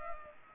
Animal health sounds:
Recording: mosquito wingbeat signal from an infrared sensor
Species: Culex pipiens

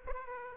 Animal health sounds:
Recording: mosquito wingbeat signal from an infrared sensor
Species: Aedes aegypti

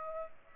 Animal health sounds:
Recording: mosquito wingbeat signal from an infrared sensor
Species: Aedes aegypti

